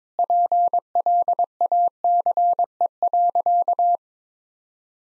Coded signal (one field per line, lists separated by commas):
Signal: Morse code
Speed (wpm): 22 wpm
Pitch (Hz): 700 Hz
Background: none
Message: PLACE.